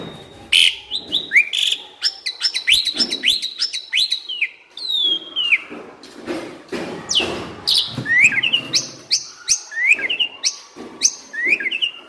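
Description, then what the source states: Asian pied starling singing a long, busy sequence of sharp chirps, whistled slurs and scratchy notes, with rising whistles repeated near the end. Training song (masteran) meant to make birds that sing too little and seem listless sing more.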